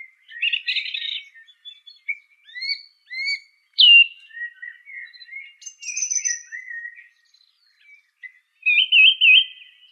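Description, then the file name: Song thrush song: a long sequence of varied whistles and scratchy notes, phrases often repeated, ending in a rapid trill. "suara kicauan burung song thrush. omkicau"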